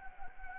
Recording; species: mosquito wingbeat signal from an infrared sensor; Anopheles gambiae